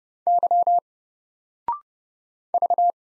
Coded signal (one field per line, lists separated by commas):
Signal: Morse code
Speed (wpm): 30 wpm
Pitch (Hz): 700 Hz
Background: none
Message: Y V